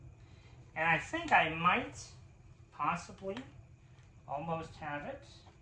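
A metal or plastic zipper pull is being worked onto the second side of the zipper tape on a zipper pouch made from a placemat. Someone talks in three short bursts over a low, steady background hum, with no distinct handling sounds standing out. Nothing has clicked or seated yet by the end of the clip.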